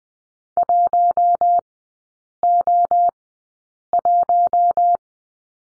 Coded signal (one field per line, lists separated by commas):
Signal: Morse code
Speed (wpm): 20 wpm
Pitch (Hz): 700 Hz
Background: none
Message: 1O1